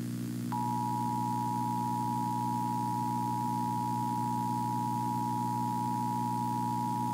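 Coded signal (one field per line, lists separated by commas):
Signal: Emergency Alert System (SAME) tones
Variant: 853 and 960 Hz attention tone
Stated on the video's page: Fictional EAS scenario, not a real alert.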